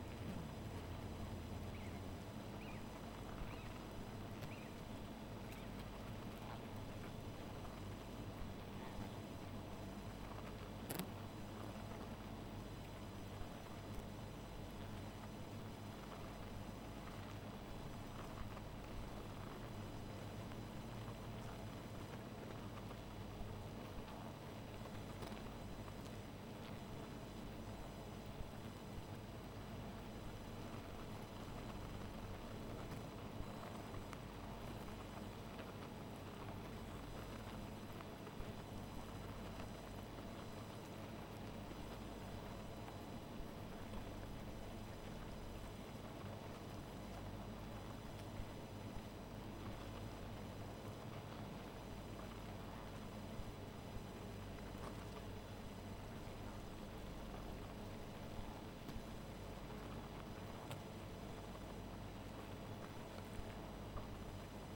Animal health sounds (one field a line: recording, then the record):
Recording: honeybee colony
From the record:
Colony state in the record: missing queen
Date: 14 July 2017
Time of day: 1:14